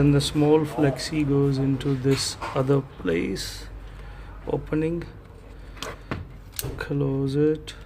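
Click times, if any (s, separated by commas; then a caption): none. Someone talks while handling the plastic cover of a Samsung Galaxy A32 5G smartphone, about to press it down so its edge clips snap into the phone's frame. Brief sharp handling sounds come between about 5.8 and 6.6 s, but the cover has not seated or clicked into place yet.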